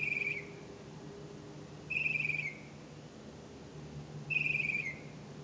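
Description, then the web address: Bird making harsh, buzzy calls, each about half a second long, repeated every two seconds or so over faint low hum. "misc bird"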